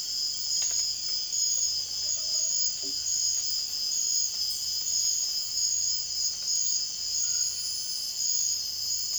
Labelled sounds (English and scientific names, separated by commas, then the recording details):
none
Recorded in dense forest near Puerto Asís, Putumayo, Colombia, on 13 March 2025 at 03:30
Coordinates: 0.481, -76.323
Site G088